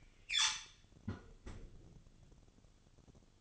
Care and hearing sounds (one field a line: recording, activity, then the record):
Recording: daily activity, microphone in the room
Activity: close fridge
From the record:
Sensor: 4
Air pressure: 1008.6 hPa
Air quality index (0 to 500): 73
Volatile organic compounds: 1 ppm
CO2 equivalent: 626 ppm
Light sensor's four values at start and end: 12/26/11/11 and 12/27/11/11